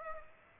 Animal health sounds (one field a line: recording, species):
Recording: mosquito wingbeat signal from an infrared sensor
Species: Aedes aegypti